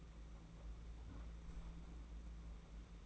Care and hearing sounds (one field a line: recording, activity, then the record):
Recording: daily activity, microphone in the room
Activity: close fridge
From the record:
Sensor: 1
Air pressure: 991.8 hPa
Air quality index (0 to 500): 205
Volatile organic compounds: 1000 ppm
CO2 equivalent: 7935 ppm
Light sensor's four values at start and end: 28/99/38/38 and 28/99/38/38